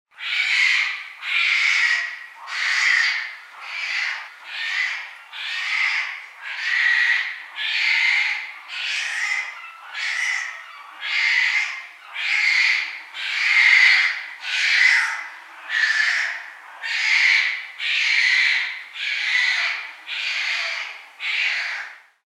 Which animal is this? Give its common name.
Polar Bear